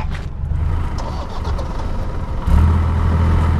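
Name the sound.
car engine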